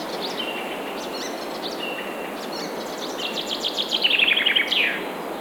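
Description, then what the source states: Birds singing: scattered high chirps and short whistles, then a rapid rattling trill near the end, all over a constant rushing noise. Birds singing in a forest.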